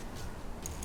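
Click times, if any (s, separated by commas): none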